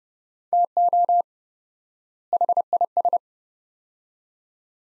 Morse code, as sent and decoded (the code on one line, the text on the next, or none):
- --- / .... .. ...
TO HIS